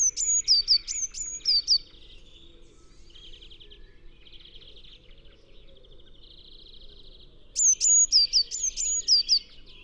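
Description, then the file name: Eurasian blue tit gives quick, high, falling whistled notes at the start and end, with softer buzzy trills in the gap. "Cyanistes caeruleus"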